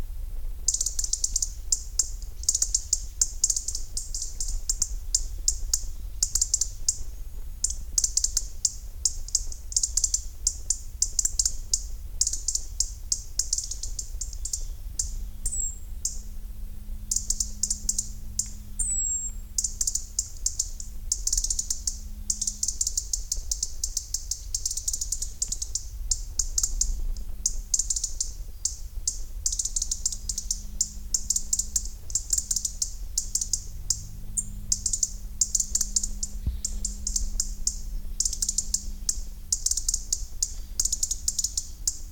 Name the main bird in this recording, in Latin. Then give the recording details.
Erithacus rubecula. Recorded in the wild. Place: Schluft, Schorfheide, Brandenburg, DE. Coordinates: 52.95, 13.45. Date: 1996-08-04 10:35. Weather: wolkig, 14-17°C. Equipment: Sony MD-WM MZ-R3, Sennheiser ME 80, Kopie Uher 4000 Report Monitor. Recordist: Tembrock, Günter. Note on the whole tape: Erregungsrufe, längere Sequenz, sehr gut (bis 10.41 Uhr). Bei Schluft